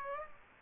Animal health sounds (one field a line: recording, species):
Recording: mosquito wingbeat signal from an infrared sensor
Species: Aedes aegypti